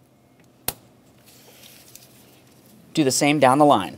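The red plastic locking tab on a fuel injector connector of a 2005-2010 Dodge Dakota 4.7L V8 is pushed closed and gives one sharp snap at 0.7 s, locking the connector in place. Faint rustling and a small tick at about 1.9 s follow, then someone talks from about 3.0 s to the end.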